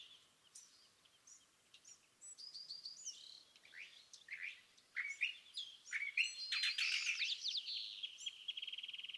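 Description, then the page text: California thrasher song, starting softly then building into loud mixed phrases of slurred whistles, chattering notes and a fast buzzy trill at the end. Dawn song on March 9, 2017, at Montaña de Oro State Park, Los Osos, California; the thrasher repeats a chosen theme of notes that morning. "Song, excerpted from a longer dawn session on day 1. listen for the repeated theme of notes that the thrasher has chosen to use this morning. March 9, 2017. Montaña de Oro State Park, Los Osos, California"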